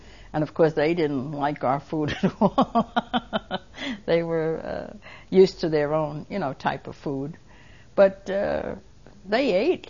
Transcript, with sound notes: And, of course, they didn't like our food at all. (She laughs.) They were used to their own, you know, type of food. But, uh, they ate.